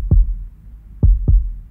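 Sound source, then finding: Heartbeat. Heartbeat.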